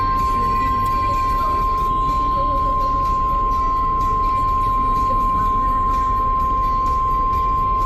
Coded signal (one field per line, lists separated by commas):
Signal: Emergency Alert System (SAME) tones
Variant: 1050 Hz attention tone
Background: music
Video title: Required Weekly Test on WXM60 (EAS #30)